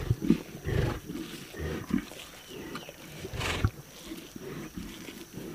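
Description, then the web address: Lion roaring: a few deep, rough grunts in the opening two seconds and another past the middle. "big cats|lions"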